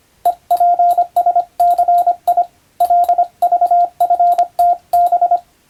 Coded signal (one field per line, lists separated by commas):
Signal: Morse code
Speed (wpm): 25 wpm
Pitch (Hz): 700 Hz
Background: radio noise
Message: EPSCI LVFTB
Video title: 昔はモールス符号を駆使して船と陸との連絡する無線通信士という仕事がありました。今でも国家試験で実技があります。YouTubeの再生速度を設定して聞いてみよう morse code practice